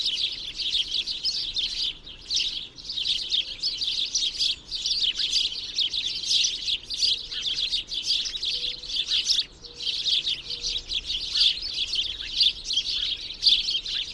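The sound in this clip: Bird gives rapid, high chirps in long runs, broken by a few short pauses.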